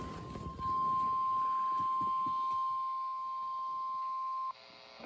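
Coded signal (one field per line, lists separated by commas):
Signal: Emergency Alert System (SAME) tones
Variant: 1050 Hz attention tone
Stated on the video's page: Real required monthly and weekly tests, some received via FM translators; some weekly tests carried as scroll without tones.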